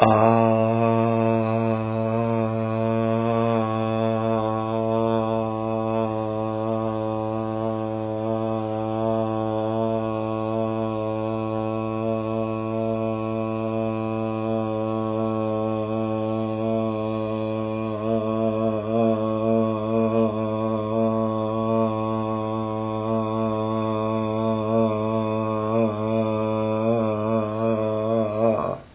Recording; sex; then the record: sustained vowel /a/; male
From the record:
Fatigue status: no fatigue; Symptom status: asymptomatic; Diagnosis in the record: COVID-19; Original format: 3gp